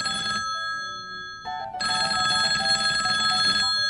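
A telephone rings alone: a short burst of bright, buzzy electronic tones, a brief pause with a lower tone, then a longer, loud warbling ring that cuts off near the end.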